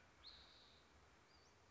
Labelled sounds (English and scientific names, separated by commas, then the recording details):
Western Flycatcher (Empidonax difficilis)
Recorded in Sonoma County, California